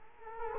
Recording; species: mosquito wingbeat signal from an infrared sensor; Culex quinquefasciatus